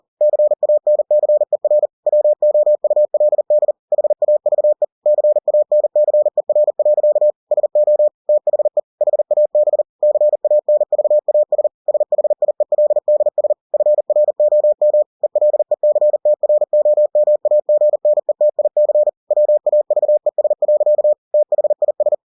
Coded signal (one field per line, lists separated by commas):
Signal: Morse code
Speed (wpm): 40 wpm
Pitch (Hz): 600 Hz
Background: none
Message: CANCER WOULD HAVE CANCER. SO THE HAB CANVAS SHIELDS FROM ELECTROMAGNETIC WAVES. THIS